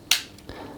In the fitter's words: then it can lock into place it doesn't lock Sly into place it still can move but it it clicks